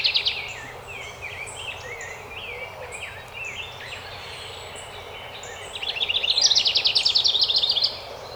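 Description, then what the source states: House wren singing a rapid, bubbly, rattling trill for about two seconds near the end, after a stretch of varied chirps and slurred notes. Recorded 12 May 2018.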